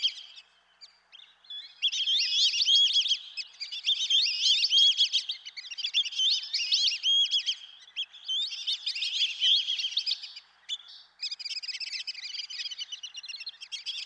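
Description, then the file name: Black-bellied whistling duck calls: high, thin whistled notes overlapping in a busy chattering flock, in bursts separated by short pauses. "dan gibsons solitudes black bellied whistling duck"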